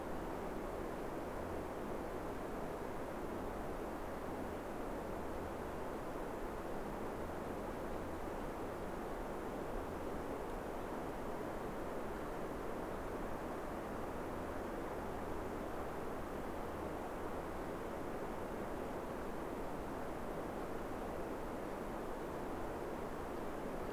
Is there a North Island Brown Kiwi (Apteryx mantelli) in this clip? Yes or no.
no